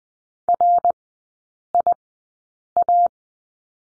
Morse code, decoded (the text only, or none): RIA